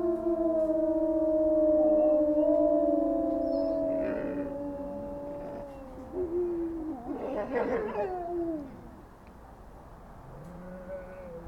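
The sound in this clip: Wolf: wolves howling, long smooth held howls that dip at their ends, then a rougher wavering burst, a lull, and a fainter howl near the end.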